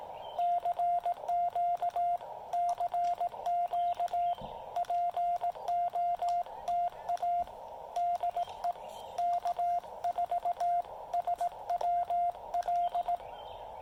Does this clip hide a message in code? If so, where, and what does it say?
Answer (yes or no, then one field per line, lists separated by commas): yes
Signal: Morse code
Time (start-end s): 0.4-13.2 s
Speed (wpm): 18 wpm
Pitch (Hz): 700 Hz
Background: radio noise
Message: CQ CQ POTA DE K4SWL